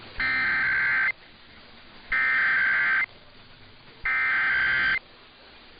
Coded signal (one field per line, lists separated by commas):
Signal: Emergency Alert System (SAME) tones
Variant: header bursts